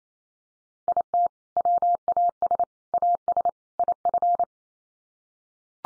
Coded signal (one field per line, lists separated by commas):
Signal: Morse code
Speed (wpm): 28 wpm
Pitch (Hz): 700 Hz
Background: none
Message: IT WAS AS IF